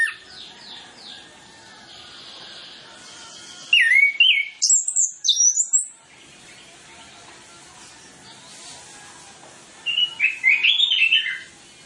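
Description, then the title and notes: Orange-headed Thrush song in separated bursts: soft descending notes at first, then a loud run of varied whistled and chirped notes, and after a long pause a shorter, rapid phrase. Masteran lure recording with full isian (fill-in phrases), used to prompt Anis Kembang to start singing openly and loudly (ngeplong) quickly. "Masteran Anis Kembang Full Isian Untuk Suara Pancingan Anis Kembang Agar Cepat Ngeplong. Suara Burung Anis Kembang"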